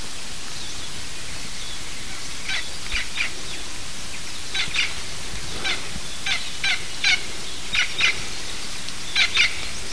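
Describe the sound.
Bird calls, short harsh notes in irregular pairs and clusters throughout, over steady background hiss.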